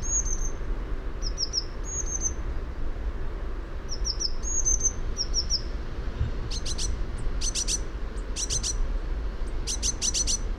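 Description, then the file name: Eurasian blue tit calling with high, thin slurred notes in small bursts, followed by a run of sharp, clicky high ticks, against a constant low hum. "Cyanistes caeruleus"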